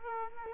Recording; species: mosquito wingbeat signal from an infrared sensor; Culex quinquefasciatus